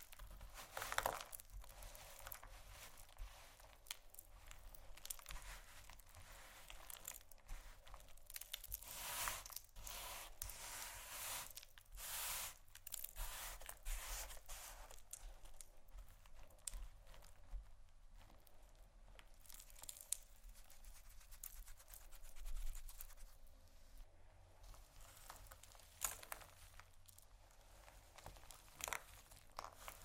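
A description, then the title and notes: Soap and candle carving, with a blade scraping and shaving in quick, irregular strokes through the whole stretch. The strokes are bright and crisp, some short, some drawn out, and clusters of louder scrapes come and go. A faint low hum sits underneath. ASMR Soap & Candle Carving （No Talking）.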